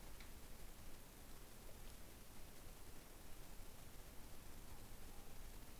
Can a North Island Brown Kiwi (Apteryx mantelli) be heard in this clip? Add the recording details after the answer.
no. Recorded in New Zealand on 25 November 2015. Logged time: 01:28. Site CH66